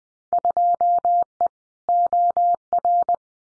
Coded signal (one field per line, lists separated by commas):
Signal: Morse code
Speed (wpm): 20 wpm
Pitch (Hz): 700 Hz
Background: none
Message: 2E OR